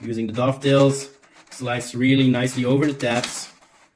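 A 3D-printed plastic wall panel is being slid along dovetails over the tabs toward the corner of a shadow box frame, where its little hooks are meant to catch in recesses so the panel holds flush. Someone talks throughout, and only faint handling sounds are heard beneath the voice. Nothing has seated or clicked yet.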